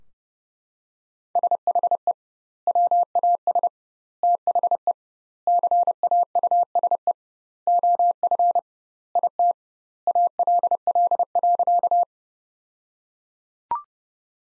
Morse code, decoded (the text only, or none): SHE WAS THE CAUSE OF IT ALL.